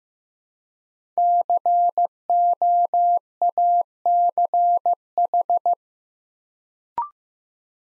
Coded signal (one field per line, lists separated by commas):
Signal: Morse code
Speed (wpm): 15 wpm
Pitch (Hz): 700 Hz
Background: none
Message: COACH